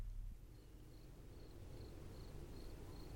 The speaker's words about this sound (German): Zur gleichen Minute, es war mittlerweile die 18. der laufenden Stunde, hatten sich Jim Cooper und seine Leute wieder in Dickie Dick Dickens Garten eingefunden, wo immer noch die Grillen leise zirpten.